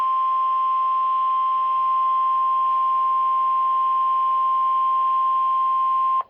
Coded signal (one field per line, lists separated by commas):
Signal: Emergency Alert System (SAME) tones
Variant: 1050 Hz attention tone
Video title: Severe Thunderstorm Warning (EAS #24)